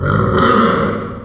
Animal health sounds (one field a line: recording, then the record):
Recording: squeal of a Yucatan mini pig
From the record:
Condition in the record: after surgery on the right vocal fold (resection and tissue-engineered implant)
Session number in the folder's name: 15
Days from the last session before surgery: 175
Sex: female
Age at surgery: 19 weeks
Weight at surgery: 25 kg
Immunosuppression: prednisolone